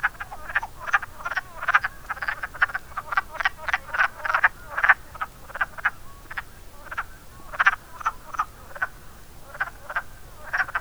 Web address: zoology woodfrog